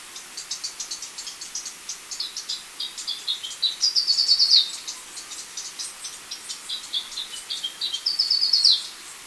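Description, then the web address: Black-crested Warbler song: scattered high chips building into two fast trills. Ecuador. "Natures Songs S America Birds of Ecuador Black-crested Warbler"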